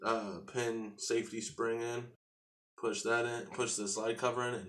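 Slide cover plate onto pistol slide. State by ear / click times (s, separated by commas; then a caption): not seated / none. Someone talks while reassembling the slide of a Glock 17 Gen 3 pistol, having pushed the firing pin and safety spring down with a punch and now sliding the cover plate onto the back of the slide. The speech pauses briefly into silence around 2.2 to 2.8 seconds before resuming. The cover plate has not yet seated or clicked into place.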